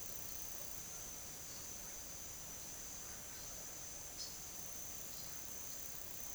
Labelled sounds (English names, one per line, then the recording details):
Silver-beaked Tanager
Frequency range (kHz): Silver-beaked Tanager 3.1-8.4 kHz
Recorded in secondary vegetation near Puerto Asís, Putumayo, Colombia, on 25 June 2025 at 09:00
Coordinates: 0.489, -76.322
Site G021